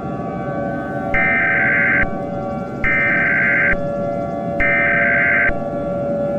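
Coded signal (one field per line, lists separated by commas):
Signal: Emergency Alert System (SAME) tones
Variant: header bursts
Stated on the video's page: Fictional mini EAS scenario containing valid EAS tones.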